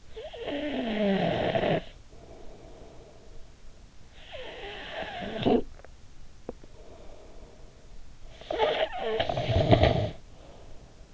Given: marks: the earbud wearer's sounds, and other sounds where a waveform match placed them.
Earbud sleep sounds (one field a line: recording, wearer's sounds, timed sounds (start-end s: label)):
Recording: sounds in sleep by an in-ear microphone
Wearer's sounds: snoring breath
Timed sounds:
0.00-3.86 s: snoring breath
4.01-8.05 s: snoring breath
8.19-11.13 s: snoring breath